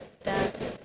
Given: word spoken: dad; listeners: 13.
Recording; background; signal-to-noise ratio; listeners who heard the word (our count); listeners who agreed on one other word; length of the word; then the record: one English word in noise, from a listening test; noise modulated by three-talker babble; -3.6 dB; 3 of 13; 6 of 13; 0.45 s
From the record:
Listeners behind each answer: 6, 4, 3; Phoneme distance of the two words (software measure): 20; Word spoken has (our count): 1 syllable, 3 phonemes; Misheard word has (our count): 1 syllable, 3 phonemes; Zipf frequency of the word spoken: 5.41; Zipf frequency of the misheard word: 4.00